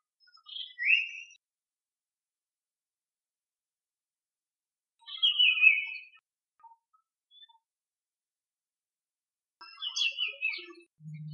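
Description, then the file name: Iora song: three short, high, falling phrases spaced about four to five seconds apart, with a brief low sound at the end. Song of the type designated C. "Iora C-Song Sun Chong Hong"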